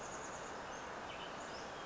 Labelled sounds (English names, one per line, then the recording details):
Chestnut-backed Chickadee
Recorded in Sonoma County, California